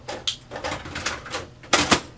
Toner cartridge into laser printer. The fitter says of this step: once you hear it click you know it's in there sometimes that might be a little hard to push in shut your front thing and